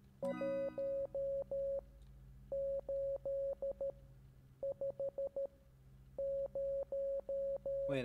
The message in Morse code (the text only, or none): 1 8 5 0